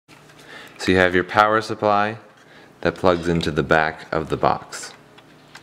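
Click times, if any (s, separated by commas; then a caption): none. A power supply plug is handled at the back of a network box while someone talks, with faint ticks near 5.2 and 5.6 seconds. Nothing has seated or clicked yet.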